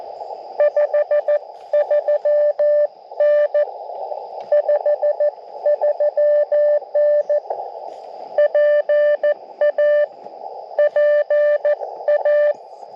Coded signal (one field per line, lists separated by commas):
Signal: Morse code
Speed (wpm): 18 wpm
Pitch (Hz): 590 Hz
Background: radio noise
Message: 53N 53N PA PA